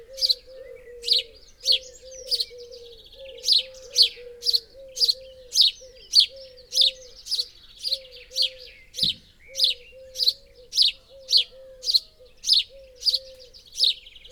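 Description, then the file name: House sparrow calls: insistent chirps repeated evenly, nearly two each second, with a low warbling tone beneath and one brief thump. "Passer domesticus"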